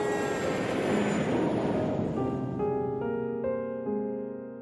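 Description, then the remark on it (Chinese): A steady, broad airplane cabin engine drone fills the opening, a dense whooshing roar, before sustained musical tones step in over it and the whole sound gently fades out. “却又有点古怪的酸涩，竟然一直到上了飞机也没有挥去那个感觉。”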